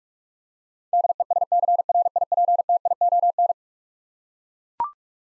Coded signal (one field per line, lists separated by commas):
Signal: Morse code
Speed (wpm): 41 wpm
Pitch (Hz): 700 Hz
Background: none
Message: DESCRIPTION